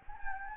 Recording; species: mosquito wingbeat signal from an infrared sensor; Anopheles gambiae